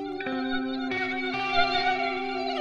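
A mosquito buzzing sound effect for Radio Mosquito: a steady, high-pitched insect-like whine buzzes continuously for a few seconds, rich in overtones, with slight shifts in tone as if a mosquito were hovering. No voices are heard.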